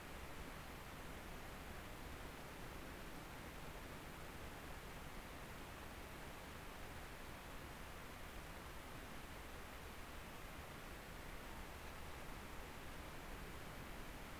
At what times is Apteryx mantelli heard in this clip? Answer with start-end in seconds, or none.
none